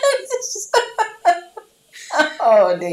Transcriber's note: bursts out laughing